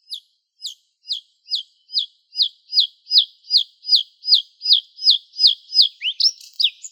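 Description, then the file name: Bluethroat song: a steady series of sharp downslurred notes that grows louder, ending in a brief varied flourish. "Luscinia svecica"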